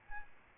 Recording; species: mosquito wingbeat signal from an infrared sensor; Aedes albopictus